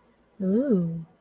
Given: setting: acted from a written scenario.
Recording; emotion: vocal sound without words; desire